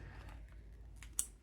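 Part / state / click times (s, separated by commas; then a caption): closed-system transfer syringe unit into its mating connector / seated / 1.2 s. The red-marked syringe unit of an Equashield closed-system transfer device is snapped onto its red-marked mating connector. After faint handling ticks near 0.5 s and 1.0 s, a sharp click sounds at 1.2 s. The click shows that the syringe is seated and engaged.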